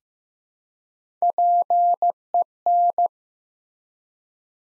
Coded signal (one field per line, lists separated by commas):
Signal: Morse code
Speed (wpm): 15 wpm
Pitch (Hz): 700 Hz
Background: none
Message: PEN